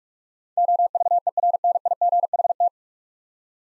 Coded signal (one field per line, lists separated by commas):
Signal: Morse code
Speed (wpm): 42 wpm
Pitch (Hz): 700 Hz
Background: none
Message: OVERNIGHT